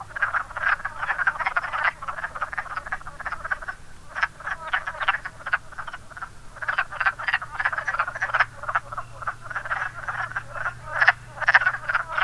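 Many wood frogs chorusing, a dense chatter of overlapping duck-like croaks with brief quieter gaps and a faint low hum.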